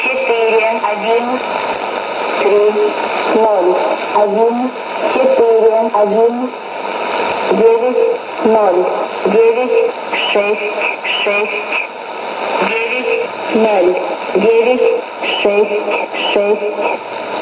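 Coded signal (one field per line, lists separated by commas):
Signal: numbers station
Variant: S06s, Russian language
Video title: 19 05 2017 Numbers station S06s Russian Lady in Russian to Eu 0944 on 9655 unknown tx site in CUSB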